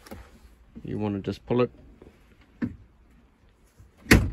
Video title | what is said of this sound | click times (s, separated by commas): Kea Nomad User Guide (Ultima) (3MA) | and it just locks into place like so always make sure you do that now | 4.1 s